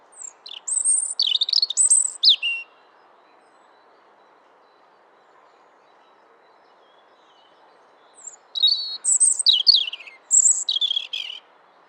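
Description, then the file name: European robin sings two high, liquid warbling phrases of fast twittering and descending slurs, separated by about five and a half seconds of near silence with faint low hum. "Erithacus rubecula"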